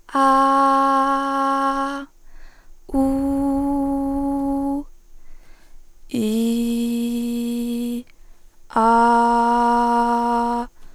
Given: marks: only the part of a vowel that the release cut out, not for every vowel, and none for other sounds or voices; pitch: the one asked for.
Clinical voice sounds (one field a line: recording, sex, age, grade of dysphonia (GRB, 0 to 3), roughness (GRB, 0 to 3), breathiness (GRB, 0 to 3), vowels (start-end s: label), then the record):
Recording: sustained vowels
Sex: female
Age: 20 to 29 years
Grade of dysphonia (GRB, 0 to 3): 0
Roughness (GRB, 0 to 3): 0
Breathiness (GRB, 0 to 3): 0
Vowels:
0.38-1.86 s: vowel /a/, high pitch
3.13-4.57 s: vowel /u/, high pitch
6.32-7.81 s: vowel /i/, low pitch
9.07-10.48 s: vowel /a/, low pitch
From the record:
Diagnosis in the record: healthy voice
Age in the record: 20 years